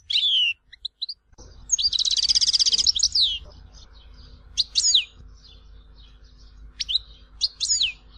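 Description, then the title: European goldfinch song with a sharp buzzy trill and scattered liquid, upslurred twitters and single high notes, over a low steady background hum. "Chant Chardonneret"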